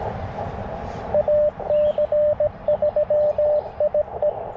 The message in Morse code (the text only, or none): AC3IE